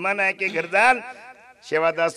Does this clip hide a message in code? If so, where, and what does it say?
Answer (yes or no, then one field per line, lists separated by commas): no